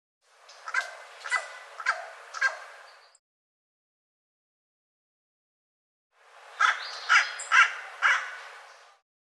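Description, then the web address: Bird calls in two bursts of four harsh, cawing notes each, about half a second apart, separated by three seconds of silence. "cianscape birddata Deverinetal 2025"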